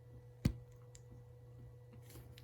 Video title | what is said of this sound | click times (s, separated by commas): How to Install CCTV Cameras and BNC Connectors | you're gonna do is just shove it in there you will hear a click sound or or a | 0.5 s